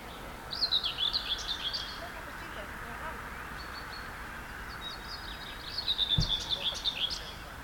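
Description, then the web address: Common whitethroat song: two rapid, scratchy chattering phrases separated by a few seconds of quiet, with a brief thump and faint steady background noise. "linnut pensaskerttu"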